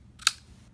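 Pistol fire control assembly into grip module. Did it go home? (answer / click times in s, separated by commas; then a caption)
yes / 0.3 s. A steel fire control assembly for a Sig Sauer P320 pistol is slid back into the polymer grip module and pressed down until it locks. A faint tick at 0.2 s is followed by a sharp, bright click at 0.3 s, confirming the assembly is seated in place.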